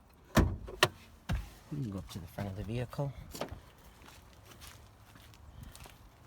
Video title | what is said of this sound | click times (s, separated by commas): Open Hood on Hyundai Santa Fe Bonnet Hood Latch Release 2013 - 2018 How to DIY | release with a hood open on it you're going to pull on that you'll hear a pop in the front | 0.8 s